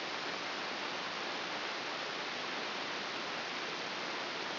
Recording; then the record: brain microelectrode recording played as sound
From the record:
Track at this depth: inside the subthalamic nucleus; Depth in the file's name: 2.632 mm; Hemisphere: left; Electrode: 3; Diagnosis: Parkinson's disease